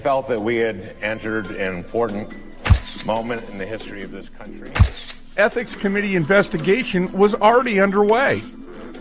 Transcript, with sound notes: I felt that we had entered an important moment (camera shutter clicks) in the history of this country. (camera shutter clicks)
Ethics committee investigation was already underway.